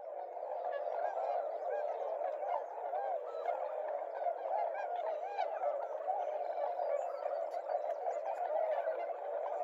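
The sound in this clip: Tundra swans calling as a large flock, a dense continuous chorus of overlapping hooting and yelping notes with no pauses throughout.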